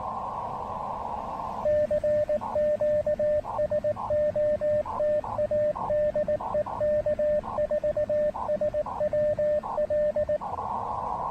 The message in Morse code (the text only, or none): CQ SOTA DE K4SWL